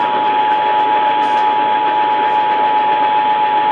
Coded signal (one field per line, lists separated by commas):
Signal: Emergency Alert System (SAME) tones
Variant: 853 and 960 Hz attention tone